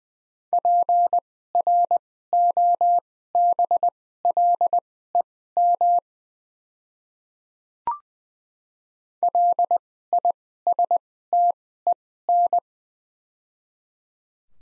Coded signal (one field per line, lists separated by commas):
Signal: Morse code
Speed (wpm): 20 wpm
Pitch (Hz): 700 Hz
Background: none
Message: PROBLEM LISTEN